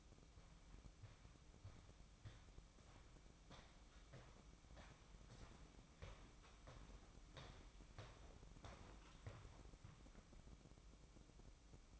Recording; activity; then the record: daily activity, microphone in the room; walk to room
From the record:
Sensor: 1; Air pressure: 1008.2 hPa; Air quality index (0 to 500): 140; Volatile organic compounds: 2 ppm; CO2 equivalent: 1173 ppm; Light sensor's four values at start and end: 10/23/9/10 and 10/23/9/10